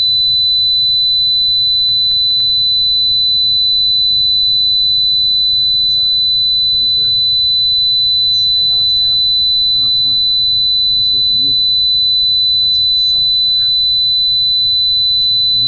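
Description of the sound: A steady, high-pitched pure tone at 4000 Hz runs unbroken through the whole clip, over low rumbling traffic-like noise with faint distant voices. It is a simulation of tinnitus, the ringing a person hears without any outside sound.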